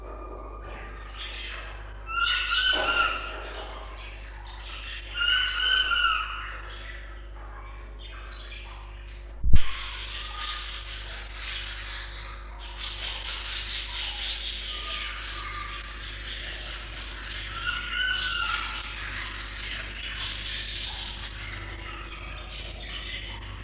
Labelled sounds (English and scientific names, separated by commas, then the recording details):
Budgerigar (Melopsittacus undulatus) call
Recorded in captivity
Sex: group
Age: adult
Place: Zoologisches Institut der HUB, Berlin, DE
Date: 1966-11-20
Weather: Zimmertemperatur
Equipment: Smaragd
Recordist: Heydecke, Rolf